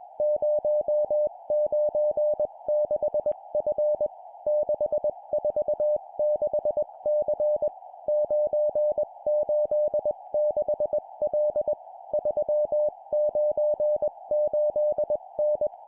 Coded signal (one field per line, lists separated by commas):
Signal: Morse code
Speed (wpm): 21 wpm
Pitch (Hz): 600 Hz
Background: none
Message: 096F 646C 986L 398N